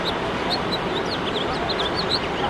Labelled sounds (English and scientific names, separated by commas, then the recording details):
House Finch (Haemorhous mexicanus) song
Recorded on Long Island, New York, on 21 March 2012
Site FL
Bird D